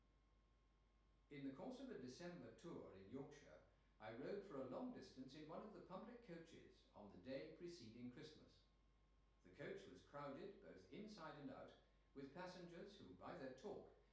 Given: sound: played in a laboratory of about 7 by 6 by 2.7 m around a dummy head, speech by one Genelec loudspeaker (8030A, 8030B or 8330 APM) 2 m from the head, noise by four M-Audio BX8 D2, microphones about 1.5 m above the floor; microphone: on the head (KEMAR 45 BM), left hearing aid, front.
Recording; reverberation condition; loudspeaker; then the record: male speech in English; medium; 150 degrees to the right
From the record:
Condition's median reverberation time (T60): about 510 ms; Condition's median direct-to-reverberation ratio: about -0.5 dB